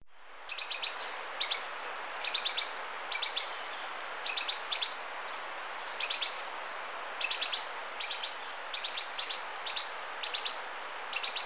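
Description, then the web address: Red-faced spinetail calls: high, sharp chip notes in short clusters of two to four, repeated about every second over a soft steady hiss. Recorded in Ecuador. "Natures Songs S America Birds of Ecuador Red-faced Spinetail"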